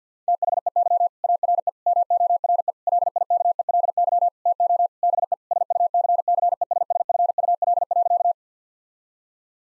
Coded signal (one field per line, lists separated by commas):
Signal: Morse code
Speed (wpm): 50 wpm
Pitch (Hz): 700 Hz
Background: none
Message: THEY ARE MORE LIKELY TO BE SUCCESSFUL.